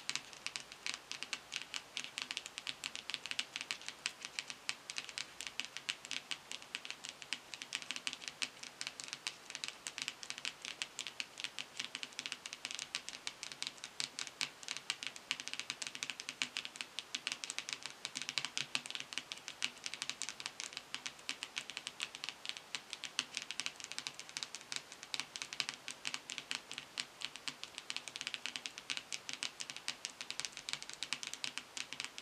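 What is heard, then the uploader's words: Rapid tapping on products, a dense, steady run of small, crisp clicks with no pauses across the whole half minute. The taps are bright and even in pace, with a faint low hum running underneath throughout. In this episode I will be "unboxing" my beauty bag and tapping on each product. Tapping & Crinkling Sounds - Crumpling, Tapping.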